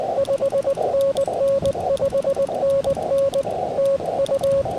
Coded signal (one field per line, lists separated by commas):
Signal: Morse code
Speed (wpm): 20 wpm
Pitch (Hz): 550 Hz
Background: radio noise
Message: 5NN 5NN TU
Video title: Dummy accidentally uses dummy load for POTA! #cw #parksontheair #hamradio #qrp